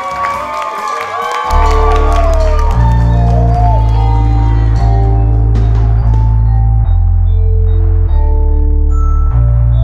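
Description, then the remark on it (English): A crowd claps and cheers loudly with shrill whoops as three musicians from North Atlanta, Georgia are brought out, and after a moment a deep, pulsing bass beat kicks in while the cheering carries on above it. “Please start clapping your hands now.”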